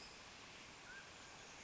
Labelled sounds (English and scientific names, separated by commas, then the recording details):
Mountain Quail (Oreortyx pictus)
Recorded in Sonoma County, California